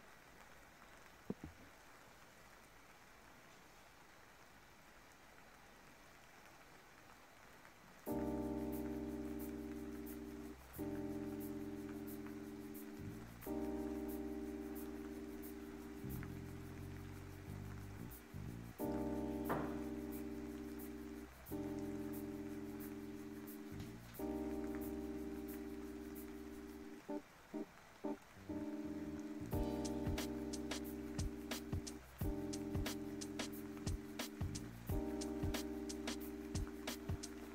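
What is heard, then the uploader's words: Soft steady rain hiss, then from about eight seconds gentle sustained chords shift every few seconds over scattered ticking drops. Rainy tea time ambience. Kitchen. Light rain.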